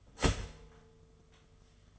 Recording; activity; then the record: daily activity, microphone in the room; start toaster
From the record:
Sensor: 4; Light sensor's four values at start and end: 4/8/3/3 and 4/8/3/3